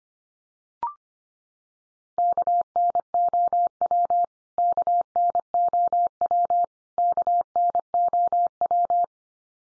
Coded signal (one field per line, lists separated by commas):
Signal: Morse code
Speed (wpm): 25 wpm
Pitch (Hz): 700 Hz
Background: none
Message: KNOW KNOW KNOW